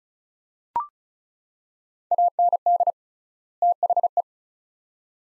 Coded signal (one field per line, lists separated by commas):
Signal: Morse code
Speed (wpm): 34 wpm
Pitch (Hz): 700 Hz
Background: none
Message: AND THE